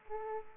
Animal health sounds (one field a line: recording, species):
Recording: mosquito wingbeat signal from an infrared sensor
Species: Aedes aegypti